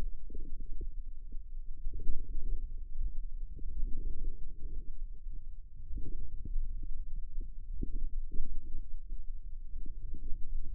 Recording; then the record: forearm muscle sounds (acoustic myography)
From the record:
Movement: outward rotation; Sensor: system 2, bracelet of six BSWA MPA416 microphones around the upper forearm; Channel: 5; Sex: male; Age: 22 years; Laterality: right